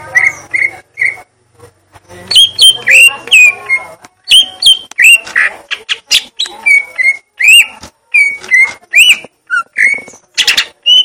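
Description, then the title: Leafbird singing a busy medley of whistled notes, chirps and squeaky slurs, with a faint low hum at the start. Song type called "gledek" (thunder); Indonesian name cucak ijo. "Cucak Ijo Suara Gledek"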